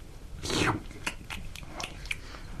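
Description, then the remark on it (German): Someone chews, crunches and swallows thumbtacks: a louder grinding bite at first, then a series of short, sharp crunches at an irregular rhythm, with no talking. “Ich kann Reisnägel schlucken.”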